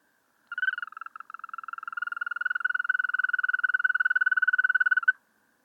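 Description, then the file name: European green toad calling: a sustained, level, buzzy trill of quick pulses for over four seconds, with a short stutter near the start and an abrupt end. "Wechselkröte"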